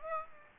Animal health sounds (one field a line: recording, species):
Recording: mosquito wingbeat signal from an infrared sensor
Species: Aedes aegypti